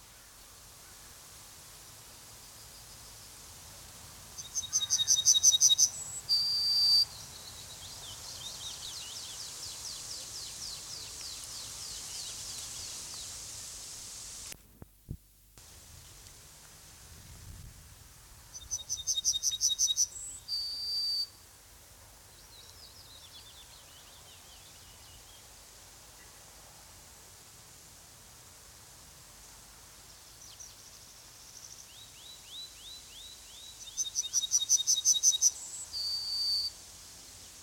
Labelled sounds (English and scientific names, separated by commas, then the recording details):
Yellowhammer (Emberiza citrinella) song
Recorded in the wild
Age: adult
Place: Köppchensee, Berlin, DE
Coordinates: 52.6167, 13.3667
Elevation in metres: 40
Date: 2003-06-22 12:53
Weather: heiter - wolkig, 17 - 18°C
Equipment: Fair Mate ST-1328 (Asahi Electronics, Japan), Sennheiser ME 80, Kopie Uher 4000 Report Monitor
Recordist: Tembrock, Günter